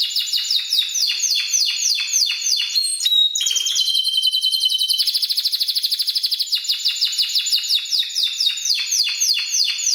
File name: Canary Singing